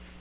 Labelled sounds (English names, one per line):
Magnolia Warbler flight call